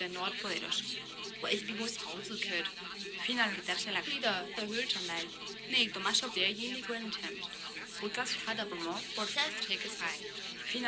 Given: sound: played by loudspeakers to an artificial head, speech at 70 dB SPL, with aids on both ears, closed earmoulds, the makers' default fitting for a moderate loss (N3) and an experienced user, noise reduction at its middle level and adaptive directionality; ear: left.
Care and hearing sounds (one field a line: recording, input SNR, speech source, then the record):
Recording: speech test signal (ISTS) in cocktail-party noise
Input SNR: -3 dB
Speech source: in front (0 degrees)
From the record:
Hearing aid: class 1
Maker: E